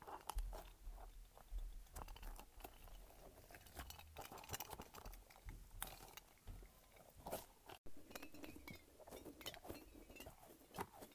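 A light-up ball is squished and shaken, giving a dense run of soft, wet squelches and crunchy clicks that never settles. The bursts come irregularly, several per second, with sharper bright snaps around seven seconds and a brief silent cut near eight.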